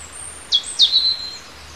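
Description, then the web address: Bird calls: two sharp, high notes dropping steeply in pitch, then a thin, level whistled tail, with a faint very high thin tone at the start. Native bird of hedgerows, in March. "oeko hecke vogel maerz vogel heimisch"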